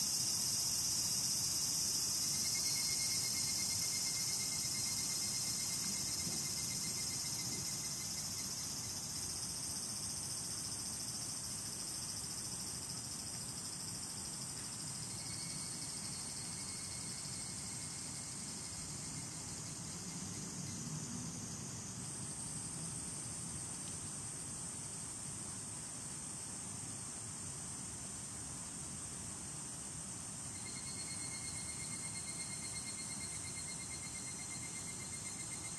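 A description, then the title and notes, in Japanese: Higurashi cicadas fill the air with a dense, steady shrill chorus that holds high and bright throughout. A thin tone rises out of it in bursts near the start, around 15 seconds and again near the end, over a soft low rumble that swells briefly midway. ひぐらしのなく頃。ただひぐらしは、もうちょっと落ち着きがあって良かったので、ひぐらしを録ってみました。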